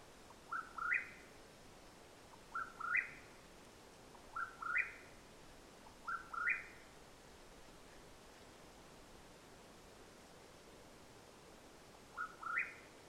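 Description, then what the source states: Mexican whip-poor-will calls four times in steady rhythm, each phrase a short low note followed by a rising buzzy whistle, then silence and one last phrase. Call at nightfall in Madera Canyon, Arizona, USA, 21 April 2022.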